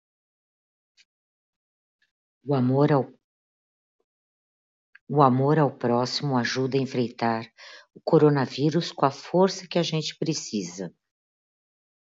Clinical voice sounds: spoken sentence; Brazilian Portuguese; female; 50 to 59 years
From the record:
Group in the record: control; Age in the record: 56 years

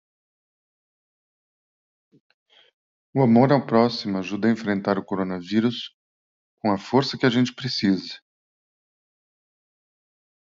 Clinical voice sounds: spoken sentence; Brazilian Portuguese; male; 50 to 59 years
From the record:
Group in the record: control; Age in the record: 50 years

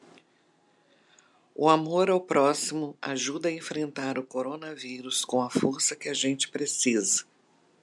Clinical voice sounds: spoken sentence; Brazilian Portuguese; female; 60 to 69 years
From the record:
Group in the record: control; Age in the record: 61 years

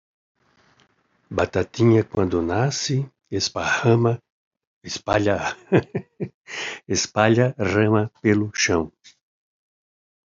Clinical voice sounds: short text; Brazilian Portuguese; male; 60 to 69 years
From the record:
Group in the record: control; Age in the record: 68 years

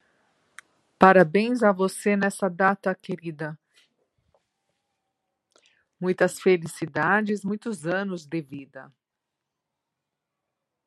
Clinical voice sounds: short text; Brazilian Portuguese; female; 50 to 59 years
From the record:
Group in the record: control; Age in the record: 52 years

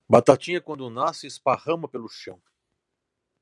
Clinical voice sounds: short text; Brazilian Portuguese; male; 50 to 59 years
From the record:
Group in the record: control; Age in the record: 51 years

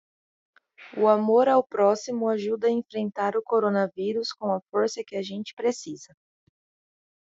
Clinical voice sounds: spoken sentence; Brazilian Portuguese; female; 30 to 39 years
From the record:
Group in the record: control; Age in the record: 37 years

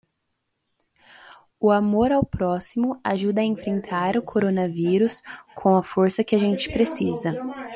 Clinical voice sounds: spoken sentence; Brazilian Portuguese; female; 20 to 29 years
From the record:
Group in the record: control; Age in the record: 21 years

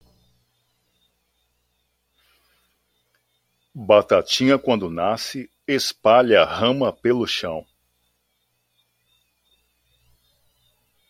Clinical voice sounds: short text; Brazilian Portuguese; male; 30 to 39 years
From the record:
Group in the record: control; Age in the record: 33 years

